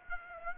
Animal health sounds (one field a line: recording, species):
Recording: mosquito wingbeat signal from an infrared sensor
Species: Aedes aegypti